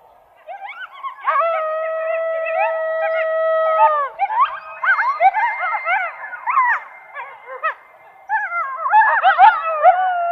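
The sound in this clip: Coyote giving a few short yips, then a howl held steady for about three seconds, followed by strings of yips and warbling yelps.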